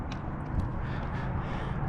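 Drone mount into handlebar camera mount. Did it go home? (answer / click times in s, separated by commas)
no / none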